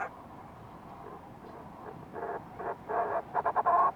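Fulmar prion call: near silence at first, then throaty chattering pulses build in the second half into a quick stuttered series.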